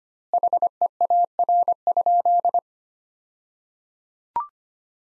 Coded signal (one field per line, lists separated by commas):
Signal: Morse code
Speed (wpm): 25 wpm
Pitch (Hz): 700 Hz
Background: none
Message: HEAR?